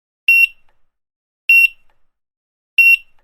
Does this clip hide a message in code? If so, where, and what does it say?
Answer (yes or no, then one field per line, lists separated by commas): no